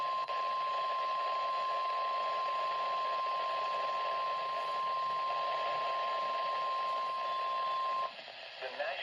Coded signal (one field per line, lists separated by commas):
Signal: Emergency Alert System (SAME) tones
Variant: 1050 Hz attention tone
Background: speech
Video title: Even more alerts EAS Alerts 32-35 4/8/20